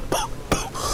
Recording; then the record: coughing mixed with background sound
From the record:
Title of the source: Coughing 79